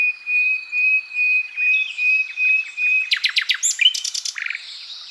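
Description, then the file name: Common nightingale singing a series of steady, pure whistles repeated about twice a second, breaking into fast rattling clicks and a short buzzy trill. "Luscinia megarhynchos"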